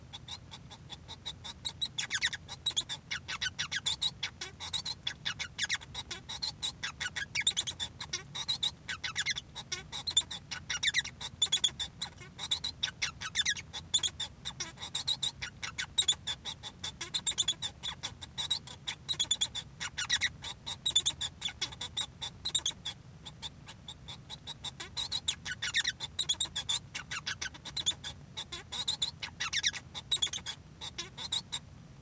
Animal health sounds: song of a male Bengalese finch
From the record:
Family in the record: son of father 1

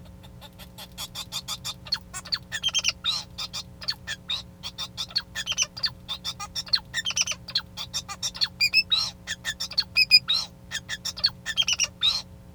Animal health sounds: song of a male Bengalese finch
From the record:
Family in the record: son of father 2

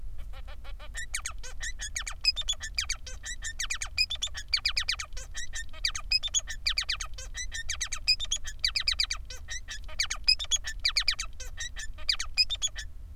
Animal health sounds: song of a male Bengalese finch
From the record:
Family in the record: son of father 3

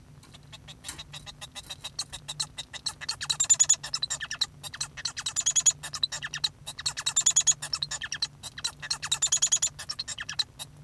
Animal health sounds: song of a male Bengalese finch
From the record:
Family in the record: son of father 1

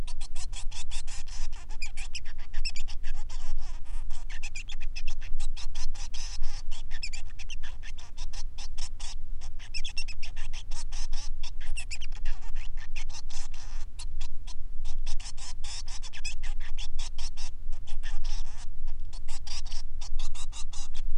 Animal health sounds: song of a male Bengalese finch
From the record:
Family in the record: son of father 3

